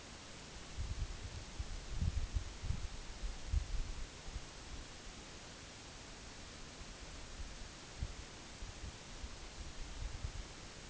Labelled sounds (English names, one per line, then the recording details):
none
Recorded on Arctic tundra, site NAIT-1, on 2 July 2019
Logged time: 18:00